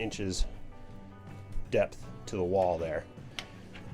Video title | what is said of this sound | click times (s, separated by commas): Airstream Safari Toy Hauler Build, Off Grid Custom Vintage Camper Tour Walk Around | again catches just go straight back locks into place can't slide out on its own | 3.4 s